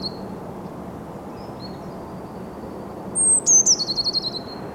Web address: SETE data Cyanistes caeruleus